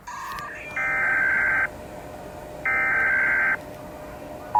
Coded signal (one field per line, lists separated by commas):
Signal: Emergency Alert System (SAME) tones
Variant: header bursts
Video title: International eas alarm’s: part 5 (Remake)